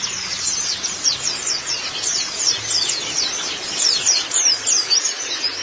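White-eye twittering, a rapid run of very high, thin, downward-sliding chirps pouring out without a break.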